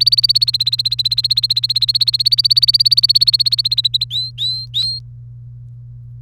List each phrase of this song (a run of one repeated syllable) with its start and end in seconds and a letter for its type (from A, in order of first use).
0.00-4.04 A, 4.10-4.99 B